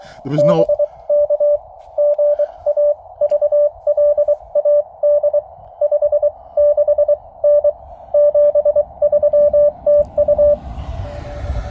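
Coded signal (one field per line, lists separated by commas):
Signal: Morse code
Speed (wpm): 23 wpm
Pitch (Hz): 590 Hz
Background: speech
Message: BK GA VLAD 5 6 N 73 TU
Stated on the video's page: SOTA activation with Venus SW-6B transceiver, Begali Traveller twin paddle and Diamond SD330 vertical whip covering 80 to 10 metres.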